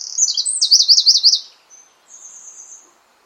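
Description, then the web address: Bird song: a quick high trill of repeated sharp notes, followed by fainter, thin, drawn-out whistles. "cianscape birddata Deverinetal 2025"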